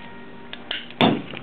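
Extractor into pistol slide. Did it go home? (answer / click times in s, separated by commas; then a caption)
yes / 1.0 s. A metal extractor is pushed all the way into the back of a 2011 pistol slide, after a screwdriver depresses the springs on the extractor to pop it in, while music plays underneath. Light taps at about 0.5 s and 0.7 s lead up to a loud, sharp click at 1.0 s, followed by faint ticks around 1.3 s. The extractor clicks home and is seated at 1.0 s.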